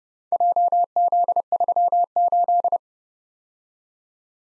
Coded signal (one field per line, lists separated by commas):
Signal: Morse code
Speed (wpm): 29 wpm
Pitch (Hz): 700 Hz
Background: none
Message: JZ38